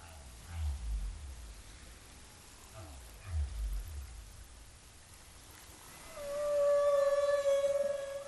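Humpback whale song phrases: a few deep pulsed grunts at first, then a loud, steady, harmonic moan near the end.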